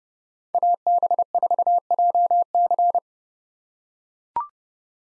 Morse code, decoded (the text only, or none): AB4JC